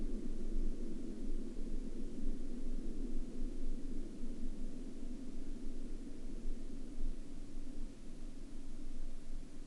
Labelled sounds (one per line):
aircraft